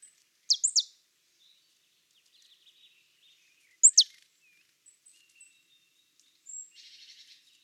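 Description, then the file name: Marsh tit calls: short high downward notes, a quick trio near the start and a pair near four seconds, with faint thin notes between. "Poecile palustris"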